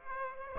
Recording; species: mosquito wingbeat signal from an infrared sensor; Aedes aegypti